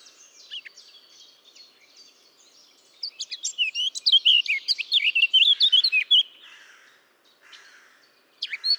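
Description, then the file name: Eurasian blackcap song: soft scratchy twittering, then a loud burst of rich, fluty whistled notes for about three seconds, then quieter chatter and a few loud notes at the end. "Sylvia atricapilla"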